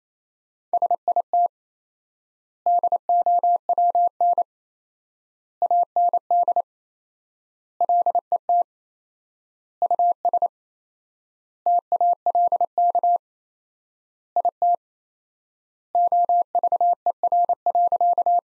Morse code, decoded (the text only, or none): SIT DOWN AND LET US TALK IT OVER.